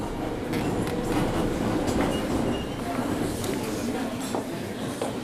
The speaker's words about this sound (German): Ich fahre mit der Minsker U-Bahn hin.